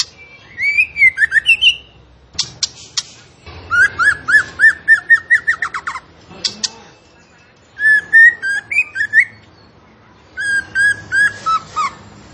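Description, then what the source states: Songbird (tembakan): songbird song in bursts of rapid repeated notes and whistled slurs, several lively phrases separated by brief silences. Tembakan songbird described as gacor, actively and energetically singing; used as masteran for training.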